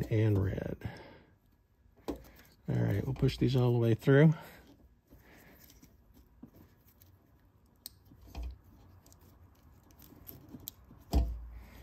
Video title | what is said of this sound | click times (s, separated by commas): Installing The Bronco 4 & 7 Pin Factory Tow Package Wiring and Module | So we can hear them snap, and you can see the conductors here. | 7.9 s, 10.7 s